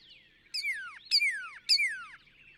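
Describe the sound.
Northern cardinal song: three strong whistled notes, each sliding sharply downward, spaced about half a second apart over a quiet background.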